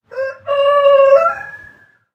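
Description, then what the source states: Rooster crowing, a short opening note, a brief pause, then a long strained cock-a-doodle-doo that fades away. Old rooster crowing cock-a-doodle-doo.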